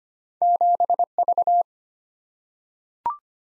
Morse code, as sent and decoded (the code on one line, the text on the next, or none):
--... ...-
7V